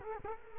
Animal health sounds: mosquito wingbeat signal from an infrared sensor; Culex quinquefasciatus

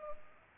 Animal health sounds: mosquito wingbeat signal from an infrared sensor; Culex pipiens

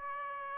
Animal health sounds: mosquito wingbeat signal from an infrared sensor; Aedes aegypti

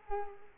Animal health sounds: mosquito wingbeat signal from an infrared sensor; Culex quinquefasciatus

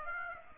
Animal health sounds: mosquito wingbeat signal from an infrared sensor; Aedes aegypti

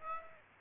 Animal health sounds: mosquito wingbeat signal from an infrared sensor; Aedes aegypti

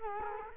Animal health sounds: mosquito wingbeat signal from an infrared sensor; Culex quinquefasciatus

